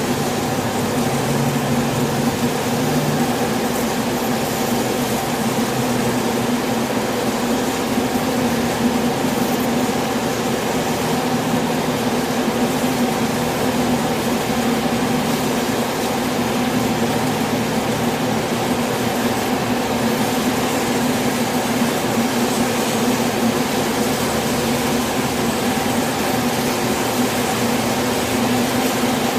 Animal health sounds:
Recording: honeybee colony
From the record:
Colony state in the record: swarm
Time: day

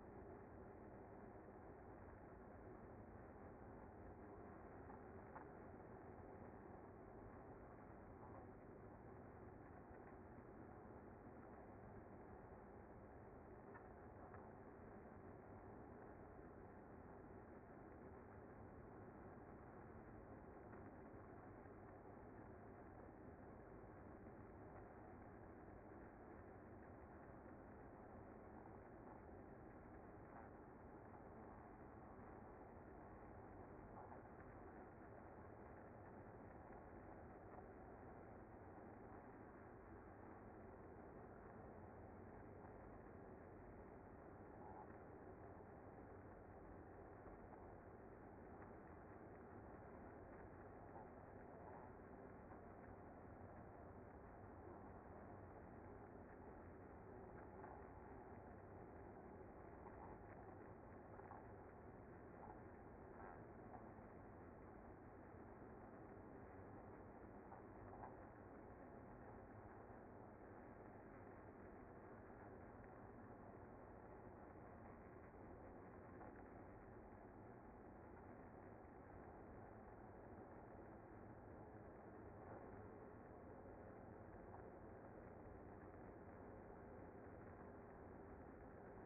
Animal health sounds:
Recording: honeybee colony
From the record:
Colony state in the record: active

